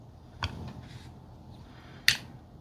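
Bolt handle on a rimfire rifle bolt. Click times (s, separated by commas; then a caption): 2.1 s. A steel bolt handle on a CZ 455 .17 HMR rimfire rifle bolt, held in one hand, is turned clockwise to start disassembly. A softer tick sounds at 0.4 s, then a sharp, fast-decaying click at 2.1 s as the handle clicks into the disassembly position and releases.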